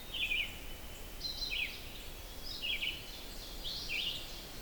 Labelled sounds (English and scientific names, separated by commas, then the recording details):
Red-eyed Vireo (Vireo olivaceus) song
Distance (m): 25 m
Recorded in boreal forest in Alberta, Canada, on 4 June 2016 at 05:18
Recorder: SongMeter 3, array SBT-3-51
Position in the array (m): 146 m, 90 m